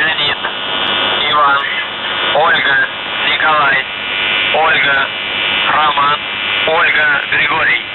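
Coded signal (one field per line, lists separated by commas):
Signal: coded military voice message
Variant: UVB-76, Russian voice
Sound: a voice reading words through a noisy, band-limited radio channel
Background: radio static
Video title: The Buzzer/UVB-76(4625Khz) May 25th, 2023 09:27UTC Voice message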